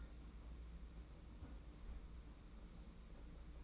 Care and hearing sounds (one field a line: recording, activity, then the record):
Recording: daily activity, microphone in the room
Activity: close fridge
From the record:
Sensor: 1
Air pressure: 991.8 hPa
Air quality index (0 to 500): 205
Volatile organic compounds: 1000 ppm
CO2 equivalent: 7933 ppm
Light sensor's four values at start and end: 28/98/37/38 and 28/98/37/38